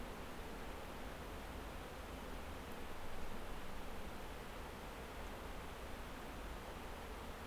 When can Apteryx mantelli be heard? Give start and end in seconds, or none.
none